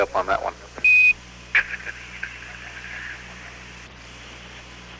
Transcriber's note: laughter